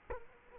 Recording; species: mosquito wingbeat signal from an infrared sensor; Culex quinquefasciatus